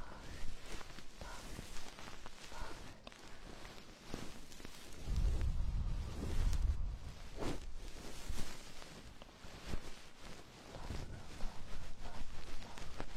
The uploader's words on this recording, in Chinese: 鹅毛棒掏耳朵 轻语。